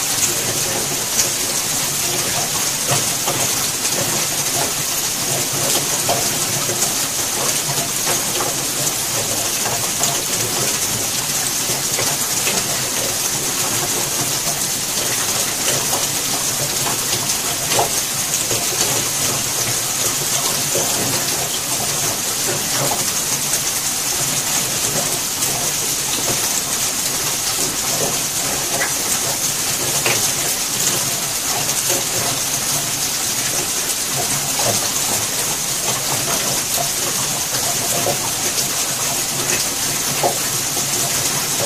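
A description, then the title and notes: Heavy rain falls steadily on a house, a dense, even hiss that never lets up across the whole stretch. Bright drops patter and tick on the gutters, with a constant low wash of running water underneath and no other sounds. Heavy Rainfall Hitting The Gutters of Your Home. The rain combined with the rhythmic sound of gutters.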